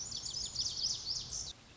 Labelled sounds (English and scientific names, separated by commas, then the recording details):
Lazuli Bunting (Passerina amoena)
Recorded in Sonoma County, California